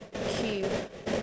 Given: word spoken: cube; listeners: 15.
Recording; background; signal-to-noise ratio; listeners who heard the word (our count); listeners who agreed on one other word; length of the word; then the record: one English word in noise, from a listening test; noise modulated by three-talker babble; -3.3 dB; 4 of 15; 11 of 15; 0.82 s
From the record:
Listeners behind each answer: 11, 4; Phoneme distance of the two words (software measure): 7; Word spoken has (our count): 1 syllable, 4 phonemes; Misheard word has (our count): 1 syllable, 3 phonemes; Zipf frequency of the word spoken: 3.67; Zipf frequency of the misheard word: 4.08